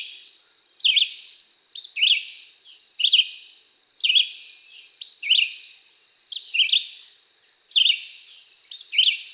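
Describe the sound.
Red-eyed Vireo song: clipped, slurred phrases, some doubled, coming about once a second over a steady high background tone.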